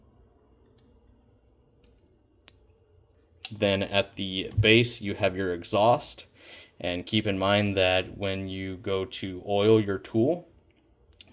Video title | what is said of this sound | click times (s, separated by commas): Capri Tools Palm Impact Review and Shop Use | That'll click into place when you switch from forward to reverse or vice versa. | 1.8 s, 2.5 s